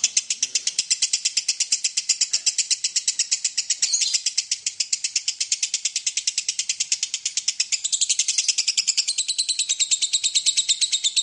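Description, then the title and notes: Lovebird ngekek song: a long, unbroken run of fast, shrill, rasping chatter notes. Long lovebird ngekek song, used as a lure song (kicau pancingan). "Master Kicau Lovebird ngekek, kicau pancingan"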